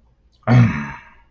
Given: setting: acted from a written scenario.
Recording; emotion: vocal sound without words; anger